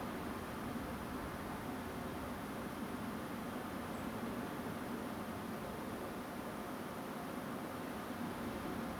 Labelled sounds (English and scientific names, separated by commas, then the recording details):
Song Thrush (Turdus philomelos)
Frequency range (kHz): Song Thrush (Turdus philomelos) 7.5-8.7 kHz
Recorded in France